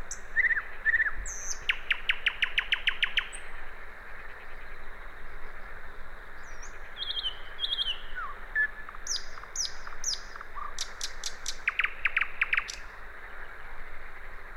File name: Luscinia megarhynchos